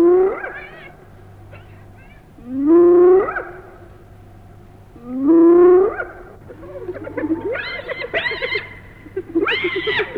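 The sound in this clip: Hyena whoops: a few rising hoots about three seconds apart, followed by a stretch of higher, squealing and chattering calls that come in quick broken bursts.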